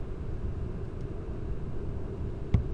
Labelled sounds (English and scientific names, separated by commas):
none